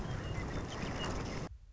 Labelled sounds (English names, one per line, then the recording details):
Western Meadowlark
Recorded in Sonoma County, California